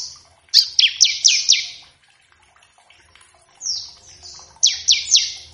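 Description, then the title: Bar-winged prinia singing runs of high, falling, whistled notes, with a quiet gap in between. Lure recording to make a bar-winged prinia sing; ngebren song with variations. "Ciblek ngebren variasi masteran & pancingan ciblek"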